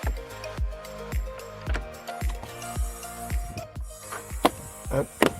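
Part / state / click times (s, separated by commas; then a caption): plastic protective cover clipping onto the front-trunk grille area of a car / seated / 4.5 s, 5.2 s. A plastic protective cover over the front-trunk grille of a Tesla Model 3 is pressed down onto the car while music with a steady beat plays. Sharp clicks at 4.5 s and 5.2 s mark the cover's clips engaging, and the cover is seated properly.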